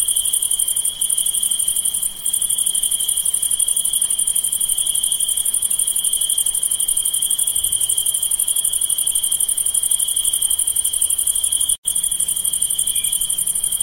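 Rainforest background of constant insect calls: a steady, dense shrill drone in the high range with a thinner pulsing band lower down, unchanging throughout. A brief gap in the chorus occurs near twelve seconds, with faint low rumbles underneath.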